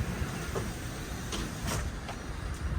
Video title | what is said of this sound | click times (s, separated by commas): Brand New 2023 Beneteau Antares 8 Fishing Version Tour - Available Now! | And then that'll lock into place when you're underway, so it's not sliding shut on you. | 1.3 s